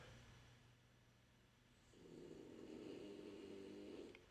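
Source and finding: Dog, distant from microphone. Snoring.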